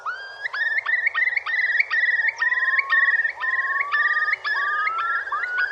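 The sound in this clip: Eurasian curlew bubbling song: fast, rippling trilled phrases repeated rapidly, with long rising whistles sliding up beneath them.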